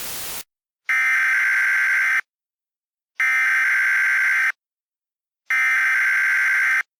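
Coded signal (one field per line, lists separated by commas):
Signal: Emergency Alert System (SAME) tones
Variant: header bursts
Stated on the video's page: Simulated mock alert, voiced recreation.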